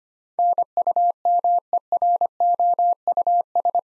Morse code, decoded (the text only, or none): NUMEROUS